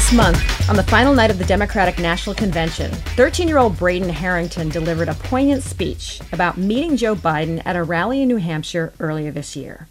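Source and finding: Adult narrator. Typical speech.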